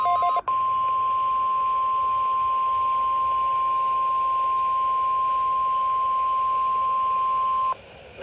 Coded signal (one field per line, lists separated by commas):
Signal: Emergency Alert System (SAME) tones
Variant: 1050 Hz attention tone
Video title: Floods, Tests, and Amber Alerts || EAS Alerts from October 2022 || EAS 407-414